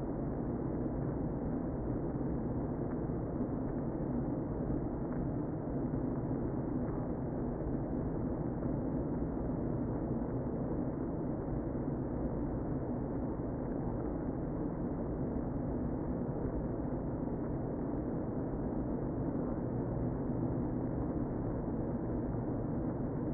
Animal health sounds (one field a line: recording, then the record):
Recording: honeybee colony, microphone inside the hive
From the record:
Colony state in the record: queen present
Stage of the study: before two queens were removed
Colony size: about 60,000 bees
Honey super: yes